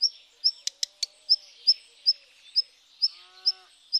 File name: Rougequeue Noir